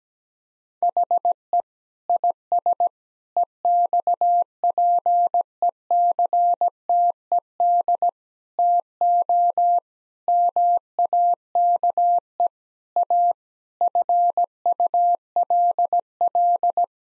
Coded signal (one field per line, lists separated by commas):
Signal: Morse code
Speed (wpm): 17 wpm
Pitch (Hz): 700 Hz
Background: none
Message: HE IS EXPECTED TO MAKE A FULL